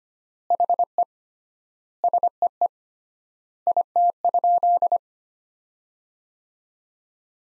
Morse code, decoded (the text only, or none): HE SEE IT?